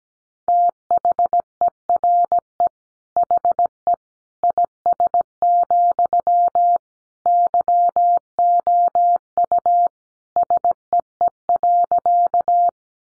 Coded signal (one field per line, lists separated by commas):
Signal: Morse code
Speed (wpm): 17 wpm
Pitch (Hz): 700 Hz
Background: none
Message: THERE HE IS, YOU SEE.